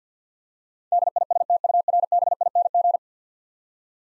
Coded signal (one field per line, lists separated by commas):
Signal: Morse code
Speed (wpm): 52 wpm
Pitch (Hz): 700 Hz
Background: none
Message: DISTURBING